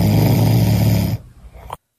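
One loud, low, rattling snore from a sleeping adult, lasting about a second and sounding like Darth Vader breathing, then quiet: ordinary heavy snoring during sleep.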